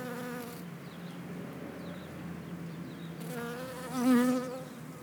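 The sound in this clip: Honeybee buzzing, a steady low droning hum with wavering tones, swelling louder briefly near the end.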